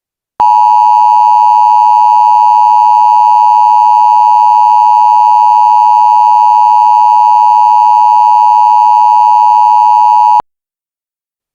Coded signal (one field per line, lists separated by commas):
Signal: Emergency Alert System (SAME) tones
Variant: 853 and 960 Hz attention tone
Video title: Doomsday For Tropico (EAS Scenario) (Pre-Tartarus)